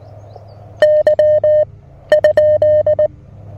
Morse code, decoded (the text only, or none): Y ?